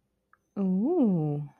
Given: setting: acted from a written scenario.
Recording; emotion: vocal sound without words; adoration